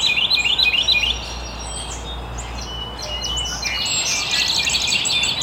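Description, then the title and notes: Birds chirping, quick repeated high trills at the start, then a thick burst of twittering near the end, over steady background hiss. Birds chirping very early in the morning in an estuary. "Birds Chirping in the Early Morning. Original sounds of birds chirping very early in the morning in an estuary"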